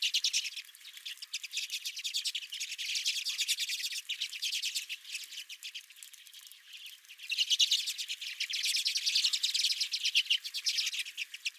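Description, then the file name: Redpolls keep up a constant chatter of fast buzzy notes, growing louder again in the second half. Several redpolls at the recordist's own feeder. "Redpolls at My Feeder"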